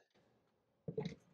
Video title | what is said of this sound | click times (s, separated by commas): Jowua NACS Mobile Connector: The Tesla Charger Tesla Doesn't Want You To Know About! | We're just going to plug it in like so. Make sure there's a bit of a click. Then you'll hear it. | 0.9 s, 1.0 s